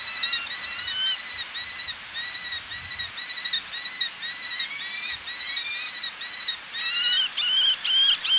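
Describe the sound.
Eleonora's falcon calling, a long run of harsh, nasal notes at about two to three per second, growing louder near the end.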